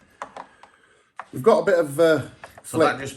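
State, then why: Seated. A brake light wiring plug for the top box on a BMW K1600 GT motorcycle is pushed into its mating plastic connector. A few light taps come first, then a sharp click at 1.2 s as it seats in place, followed by someone talking.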